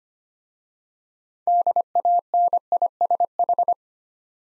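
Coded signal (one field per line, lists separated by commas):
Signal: Morse code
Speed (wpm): 25 wpm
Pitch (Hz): 700 Hz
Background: none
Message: DANISH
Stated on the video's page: Morse practice drill of difficult words with contextual hints, sent at 25 wpm.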